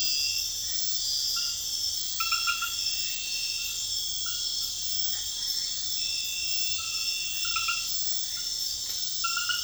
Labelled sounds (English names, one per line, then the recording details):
none
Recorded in secondary vegetation near Puerto Asís, Putumayo, Colombia, on 4 March 2025 at 00:00
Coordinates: 0.498, -76.327
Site G001